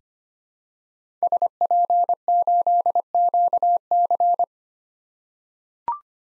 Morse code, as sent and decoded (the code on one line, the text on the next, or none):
... .--. ---.. --.- -.-.
SP8QC